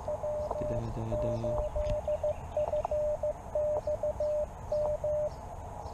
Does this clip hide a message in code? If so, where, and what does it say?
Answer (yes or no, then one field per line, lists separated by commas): yes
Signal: Morse code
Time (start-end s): 0.1-5.3 s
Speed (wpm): 15 wpm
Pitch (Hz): 600 Hz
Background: radio noise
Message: W8FXM